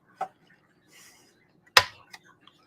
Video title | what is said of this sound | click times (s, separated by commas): Projects update and prep for design series. | oh you could hear them snap in that's so cool | 0.2 s, 1.8 s